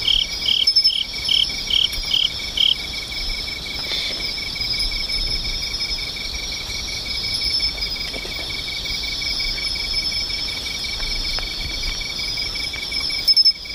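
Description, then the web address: Insect chorus: a steady high shrill hum with a fast pulsed trill beneath, and a run of loud repeated chirps at the start. "cats nishikawa 201110 mushinokoi"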